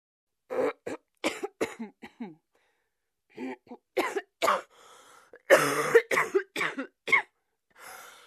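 An adult woman coughs continuously in irregular clusters of short, harsh bursts, roughly fifteen coughs over eight seconds, with brief pauses and audible breaths between runs.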